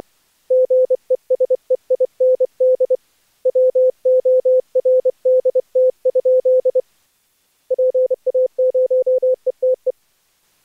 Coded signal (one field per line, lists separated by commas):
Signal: Morse code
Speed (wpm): 25 wpm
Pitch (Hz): 510 Hz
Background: none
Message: GESEIND WORDT? PA0ETE